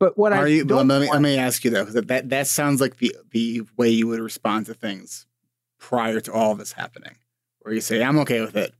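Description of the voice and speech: An adult man asks a conversational question in fluent, clearly articulated speech with a moderate pitch and natural intonation. He pauses briefly between phrases. There are no blocks, repetitions or slurring, and the voice quality is ordinary.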